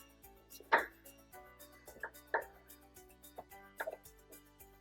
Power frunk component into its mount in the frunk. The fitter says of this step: and you can see it just snaps into place